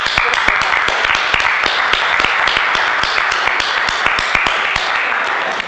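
An audience at an event applauds a man who is being honoured. They clap steadily for several seconds, a dense, loud wash of many hands clapping with sharper individual claps popping out, and no one speaking over it.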